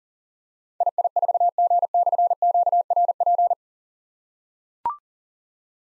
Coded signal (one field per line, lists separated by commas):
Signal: Morse code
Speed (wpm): 40 wpm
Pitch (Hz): 700 Hz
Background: none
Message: II4G/QRP